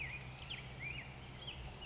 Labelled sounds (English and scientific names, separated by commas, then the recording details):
Black-headed Grosbeak (Pheucticus melanocephalus)
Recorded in Sonoma County, California